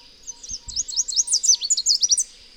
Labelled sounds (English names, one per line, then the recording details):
Chestnut-capped Warbler song
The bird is a male
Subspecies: delattrii
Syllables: 14
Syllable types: 11
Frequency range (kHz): 2.9-9.7 kHz
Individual FV-WSY-M